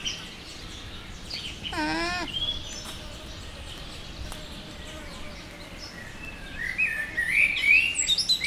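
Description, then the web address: Llama giving a short wavering hum with rich harmonics, about half a second long, with birds chirping later. Captive llama at a zoo in Jászberény, 2015, giving a cute little call. "allathangok jaszberenyizoo 2015. lama"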